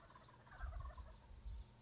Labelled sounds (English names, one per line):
Wild Turkey